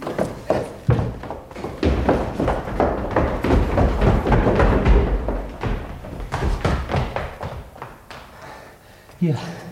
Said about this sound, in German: Die Tür wird geöffnet.